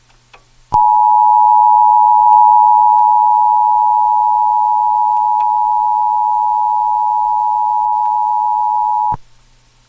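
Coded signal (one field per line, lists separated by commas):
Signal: Emergency Alert System (SAME) tones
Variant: 853 and 960 Hz attention tone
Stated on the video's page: Fictional outbreak emergency alert scenario, presented as found on an old VHS tape.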